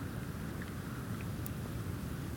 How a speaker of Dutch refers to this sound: Op de buitenmicrofoon horen we heel zachtjes de regen.